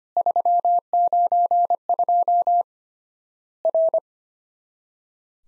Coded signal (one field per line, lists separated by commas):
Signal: Morse code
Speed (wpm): 25 wpm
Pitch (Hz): 700 Hz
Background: none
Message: 392 R